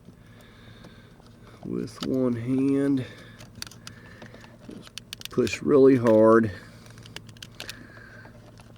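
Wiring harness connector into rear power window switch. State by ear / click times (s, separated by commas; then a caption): not seated / none. A wiring harness plug is pushed one-handed, with effort, into a replacement plastic rear power window switch on a PT Cruiser while someone talks. Sharp plastic ticks and handling clatter are heard between the speech. Nothing has seated or clicked yet when the clip ends.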